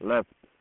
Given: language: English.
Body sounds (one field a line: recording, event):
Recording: throat vibration sensor signal played as sound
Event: speech